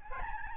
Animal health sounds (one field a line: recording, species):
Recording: mosquito wingbeat signal from an infrared sensor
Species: Aedes albopictus